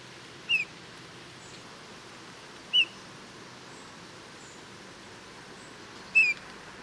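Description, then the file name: Eurasian bullfinch calls: three short, soft falling whistles at irregular intervals of two to three and a half seconds, with faint background hiss. "Pyrrhula pyrrhula"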